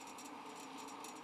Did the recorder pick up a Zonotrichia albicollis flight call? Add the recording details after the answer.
no. No flight call is heard. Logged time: 02:57 on 13 December 2014